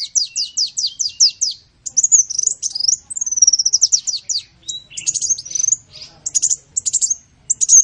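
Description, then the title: Van Hasselt's sunbird song opening with a fast run of repeated sharp chips, then high twittering phrases, drawn-out sweeping whistles and rattling trills; no other sounds stand out. Local name kolibri ninja (konin); song filler (isian) used as a training recording (masteran) for cage birds. "MASTERAN BURUNG. Isian Kolibri ninja (konin)"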